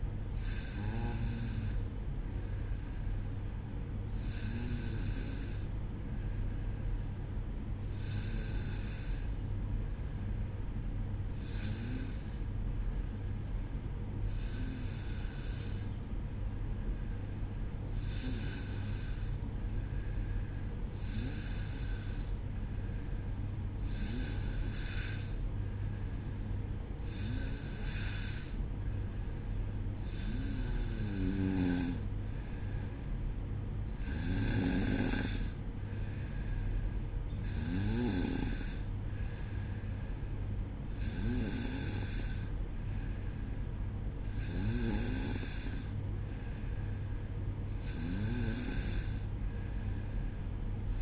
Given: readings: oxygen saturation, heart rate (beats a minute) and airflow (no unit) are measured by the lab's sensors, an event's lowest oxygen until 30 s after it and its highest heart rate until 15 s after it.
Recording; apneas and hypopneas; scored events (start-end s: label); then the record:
breathing in sleep by a smartphone at the bedside; none
none scored
From the record:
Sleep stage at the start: N2 (light sleep); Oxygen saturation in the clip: 93 to 95%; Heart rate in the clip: 57 to 62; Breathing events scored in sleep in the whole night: 305 in 9.6 hours asleep